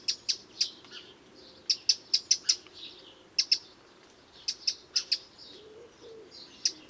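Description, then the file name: Eurasian wren giving sharp, high ticking calls, singly and in quick clusters of two to four, spaced irregularly over a faint low background hum. "Troglodytes troglodytes"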